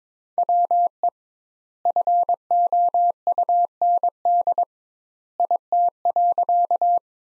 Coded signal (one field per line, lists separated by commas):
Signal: Morse code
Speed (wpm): 22 wpm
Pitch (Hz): 700 Hz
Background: none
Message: WE FOUND IT.